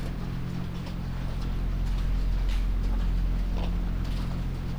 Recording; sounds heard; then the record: poultry house recording; sick chickens (respiratory disease)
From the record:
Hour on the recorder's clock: 1